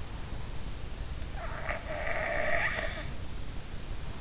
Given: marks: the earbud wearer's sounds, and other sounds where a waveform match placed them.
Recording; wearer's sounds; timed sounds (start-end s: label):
sounds in sleep by an in-ear microphone; snoring breath
1.38-3.21 s: snoring breath